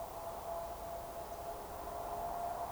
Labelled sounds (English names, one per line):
Eurasian Woodcock whistle